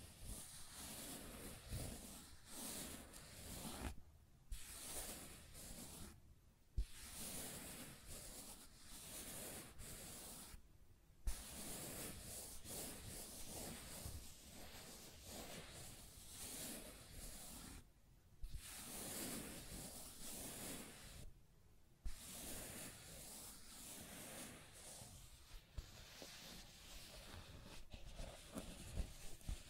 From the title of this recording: Scratching and Tracing Sounds